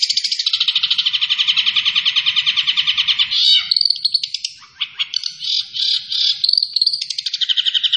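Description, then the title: Long-tailed shrike song, a loud harsh buzzing trill of rapid repeated notes, broken midway by varied squeaky and chattering phrases before the buzzy trill returns. Described as gacor, meaning singing vigorously. "Cendet Gacor"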